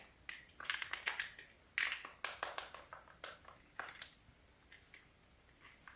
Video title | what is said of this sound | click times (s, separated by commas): Best Amazon Deals & Shopping Haul for Discount Pet Supplies Online - English Bulldog Chronicles | every time you push it down it locks automatic this little clicky if you push it it locks which is kind of annoying | 1.8 s